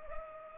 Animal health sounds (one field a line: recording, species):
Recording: mosquito wingbeat signal from an infrared sensor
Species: Culex pipiens